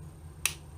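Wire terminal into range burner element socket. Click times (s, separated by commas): 0.5 s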